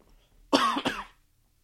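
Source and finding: Adult man. Cough.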